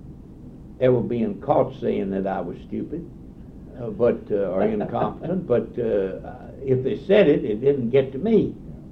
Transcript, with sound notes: ever being caught saying that I was stupid or incompetent, [laughs] but if they said it, it didn’t get to me.